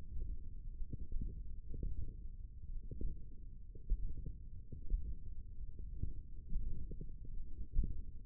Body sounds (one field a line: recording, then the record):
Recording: forearm muscle sounds (acoustic myography)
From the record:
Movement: finger pinch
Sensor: system 1, eight BSWA MPA416 microphones around the upper forearm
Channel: 3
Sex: male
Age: 20 years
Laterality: left